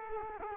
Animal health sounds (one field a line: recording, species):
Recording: mosquito wingbeat signal from an infrared sensor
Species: Culex quinquefasciatus